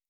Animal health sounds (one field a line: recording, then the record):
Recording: hydrophone in a shrimp aquaculture tank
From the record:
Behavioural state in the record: normal